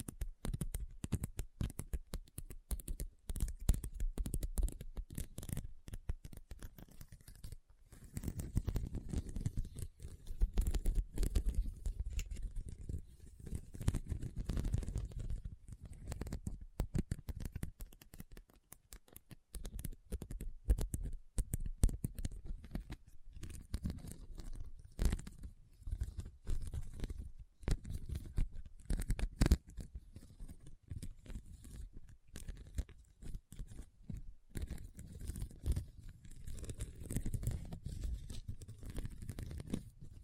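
Rhinestone tapping and scratching runs through all forty seconds as a dense stream of quick clicks and rough scrapes. The sound is mostly low and gritty with bright crackly edges, swelling in busier bursts around ten, fifteen and thirty-seven seconds.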